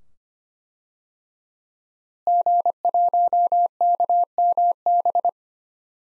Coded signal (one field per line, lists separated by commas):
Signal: Morse code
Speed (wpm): 25 wpm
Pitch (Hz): 700 Hz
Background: none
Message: G1KMB